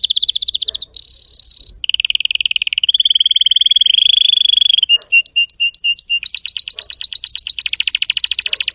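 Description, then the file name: Canary (Spanish Timbrado): canary singing continuous trilled phrases: a high buzzy roll, a lower smooth trill, a few spaced clipped notes, then a fast chattering series. Spanish Timbrado breed of domestic canary, called canário belga in the Portuguese title; singing. "canto do canario belga timbrado espanhol"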